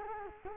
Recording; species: mosquito wingbeat signal from an infrared sensor; Culex quinquefasciatus